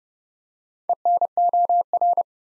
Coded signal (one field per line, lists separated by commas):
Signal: Morse code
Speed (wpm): 30 wpm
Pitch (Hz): 700 Hz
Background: none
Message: ENOR